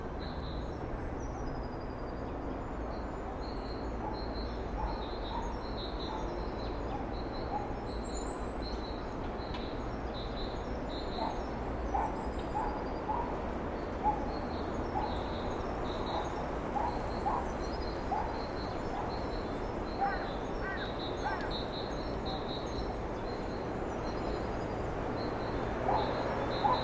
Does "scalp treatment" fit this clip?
no